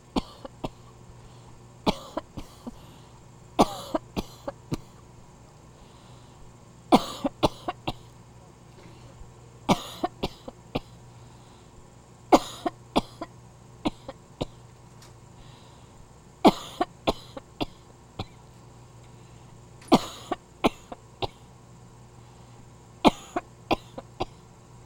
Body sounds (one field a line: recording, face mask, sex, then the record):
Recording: voluntary coughing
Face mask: surgical mask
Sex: female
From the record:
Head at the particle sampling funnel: facing it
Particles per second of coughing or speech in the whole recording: 0.348